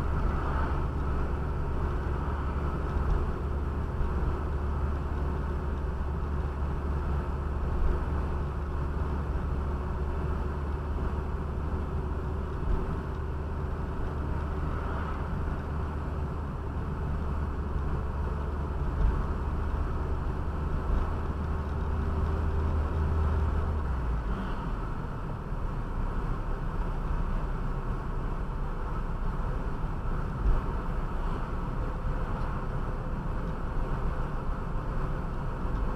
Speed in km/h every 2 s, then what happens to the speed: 44, 43, 43, 43, 43, 43, 45, 45, 45, 44, 45, 47, 47, 48, 49, 50, 51, 52.
0-36 speeds up to 52.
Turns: none.